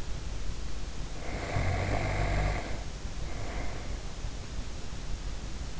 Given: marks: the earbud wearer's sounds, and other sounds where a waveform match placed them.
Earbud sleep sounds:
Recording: sounds in sleep by an in-ear microphone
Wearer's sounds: snoring breath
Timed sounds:
1.07-4.37 s: snoring breath

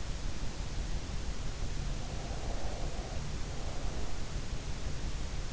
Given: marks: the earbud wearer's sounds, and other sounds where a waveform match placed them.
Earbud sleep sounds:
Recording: sounds in sleep by an in-ear microphone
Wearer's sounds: breath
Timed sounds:
1.52-4.64 s: breath

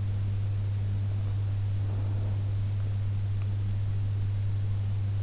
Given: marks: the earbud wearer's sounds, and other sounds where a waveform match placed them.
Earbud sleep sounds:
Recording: sounds in sleep by an in-ear microphone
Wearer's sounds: breath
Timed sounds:
1.73-2.71 s: breath

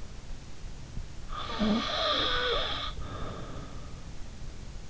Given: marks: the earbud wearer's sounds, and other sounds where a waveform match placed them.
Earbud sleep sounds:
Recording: sounds in sleep by an in-ear microphone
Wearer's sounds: snoring breath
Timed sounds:
1.34-3.93 s: snoring breath

